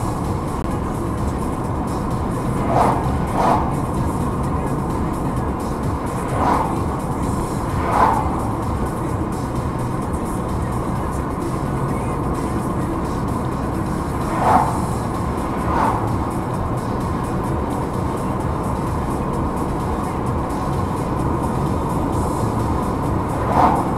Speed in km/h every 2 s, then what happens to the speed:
66, 67, 67, 67, 68, 71, 72, 73, 76, 77, 78, 79.
0-24 speeds up to 79.